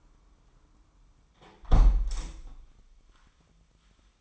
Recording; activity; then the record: daily activity, microphone in the room; close window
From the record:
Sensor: 1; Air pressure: 998.5 hPa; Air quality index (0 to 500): 139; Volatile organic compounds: 4 ppm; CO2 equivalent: 1667 ppm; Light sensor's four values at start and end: 11/27/11/13 and 11/26/10/13